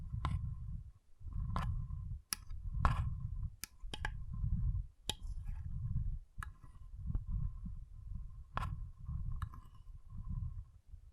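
Water beads squish and shift in deep, soft pulses, a low rumbling swell roughly every second. Sharp bright clicks and pops cut through at irregular moments, with a faint steady mid-pitched tone running faintly behind most of the clip.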